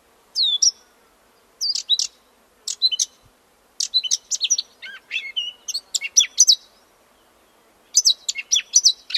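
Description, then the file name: Eurasian blackcap song in short bursts of fast, varied twittering notes, separated by pauses of about a second, on a quiet background. "Sylvia atricapilla"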